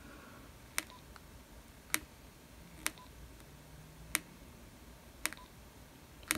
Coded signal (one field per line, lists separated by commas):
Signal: none